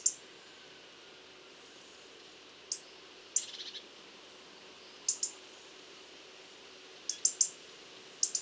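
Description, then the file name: European robin calls, sharp high ticks and short thin notes, some doubled, spaced irregularly over several seconds against a soft background hiss. "Erithacus rubecula"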